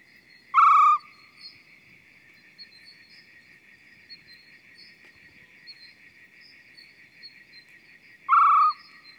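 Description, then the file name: Arabian scops owl giving two short, croaking mid-pitched hoots about eight seconds apart, over a steady high cricket trill and faint insect buzzing. Male hooting. "Arabian Scops Owl Hooting of male"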